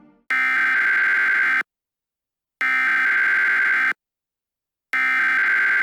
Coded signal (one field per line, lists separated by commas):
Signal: Emergency Alert System (SAME) tones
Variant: header bursts